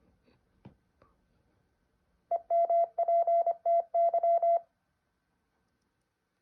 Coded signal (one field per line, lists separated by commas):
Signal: Morse code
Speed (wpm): 26 wpm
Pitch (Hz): 680 Hz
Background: none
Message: EMPTY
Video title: How to practice Morse code